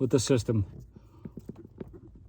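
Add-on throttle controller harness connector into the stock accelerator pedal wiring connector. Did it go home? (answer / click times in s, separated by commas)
yes / 1.8 s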